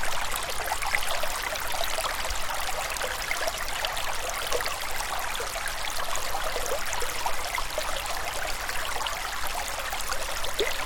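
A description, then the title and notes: A meadow stream burbles steadily, a dense, bright trickling wash with small splashes scattered throughout and little low rumble beneath. MEADOW STREAM.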